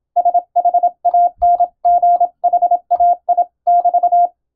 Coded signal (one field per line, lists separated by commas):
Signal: Morse code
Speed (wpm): 27 wpm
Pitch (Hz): 700 Hz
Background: none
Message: SHANGHAI<BT>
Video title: 【第１級無線通信士】昭和はラジオでよくモールス符号が聞こえました。船と陸との唯一の通信手段、大変重要な無線通信でした。アマチュア無線の受信トレーニングにどうぞ morse code practice